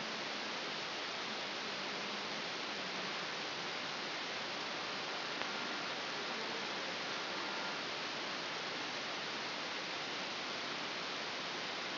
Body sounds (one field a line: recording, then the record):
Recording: brain microelectrode recording played as sound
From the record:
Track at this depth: outside the subthalamic nucleus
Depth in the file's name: 7.505 mm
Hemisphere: left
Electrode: 2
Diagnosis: Parkinson's disease